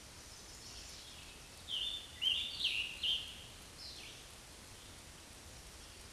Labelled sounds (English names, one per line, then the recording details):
Scarlet Tanager song
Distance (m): 15 m
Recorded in a Pennsylvania forest on 19 May 2023 at 11:02
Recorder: AudioMoth, point grid1_26_low
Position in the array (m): 189 m, 39 m